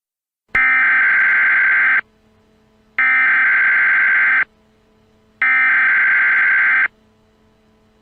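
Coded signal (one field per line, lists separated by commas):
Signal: Emergency Alert System (SAME) tones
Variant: header bursts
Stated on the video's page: Fake alert interrupting a movie as a prank, simulated.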